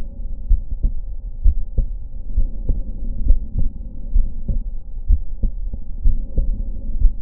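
Steady lub-dub heart sounds from an adult heart, heard by stethoscope, at about 65 beats a minute over a low background hum. The second sound is normally split: the aortic and pulmonary valves close slightly apart, a normal finding that widens with breathing in.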